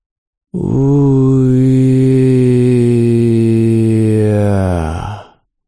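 Someone ahead in the dark lets out a single long, mournful moan, low-pitched and loud, held steadily for about five seconds before sagging and trailing off into an unintelligible mutter with no clear words.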